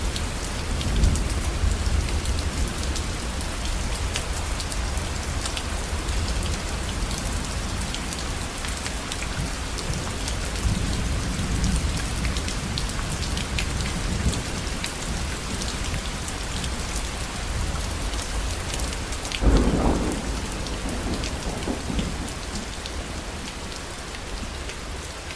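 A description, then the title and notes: Steady, dense rain patters, with many fine drops ticking across the surface throughout. Low rumbles of thunder swell underneath near the start, around eleven seconds, and again more strongly at about twenty seconds before fading. Thunder and Rain.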